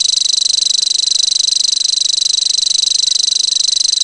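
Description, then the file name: Grasshopper warbler reeling song: a continuous, very high, insect-like trill of rapid even pulses, steady and unbroken throughout. "grasshopper warbler omkicau"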